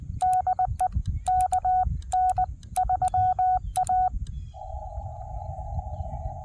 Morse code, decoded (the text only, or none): DE KN3A